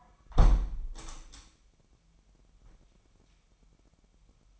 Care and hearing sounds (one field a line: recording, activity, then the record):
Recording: daily activity, microphone in the room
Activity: close window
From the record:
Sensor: 1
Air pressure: 998.0 hPa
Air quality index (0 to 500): 137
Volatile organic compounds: 4 ppm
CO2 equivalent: 1640 ppm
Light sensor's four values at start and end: 16/55/22/22 and 16/55/22/22